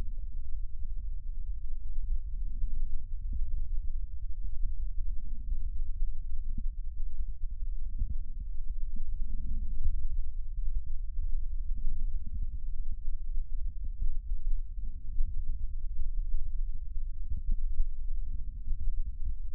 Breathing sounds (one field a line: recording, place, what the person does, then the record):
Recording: lung sounds by stethoscope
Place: left anterior apical chest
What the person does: quiet breathing, then deep breathing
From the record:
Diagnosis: interstitial lung disease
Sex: female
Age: 74 years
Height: 150 cm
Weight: 69.8 kg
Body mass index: 31.0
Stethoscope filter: bell mode